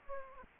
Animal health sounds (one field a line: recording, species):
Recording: mosquito wingbeat signal from an infrared sensor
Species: Aedes aegypti